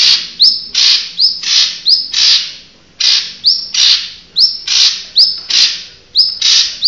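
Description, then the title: Bird chirping: steady series of strident chirps, each a rising whistle into a rasping burst, repeated rapidly, with one longer pause near three seconds. "SuaraBurung Kicau"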